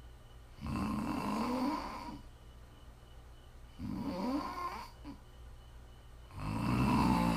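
Three rattling, low-pitched snores on inhaled breaths, about 2.8 seconds apart, roughly 21 breaths a minute. Each snore has a buzzing, fluttering quality with quiet gaps in between. This is ordinary sleep snoring from vibration of the upper airway.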